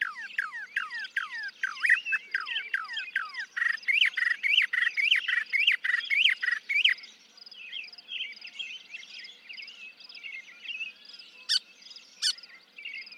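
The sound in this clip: Northern mockingbird song of repeated downslurred whistles followed by a long series of arched slurred notes, then softer varied warbling and two sharp clicks.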